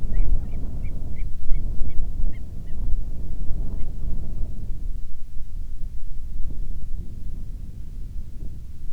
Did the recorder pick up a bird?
yes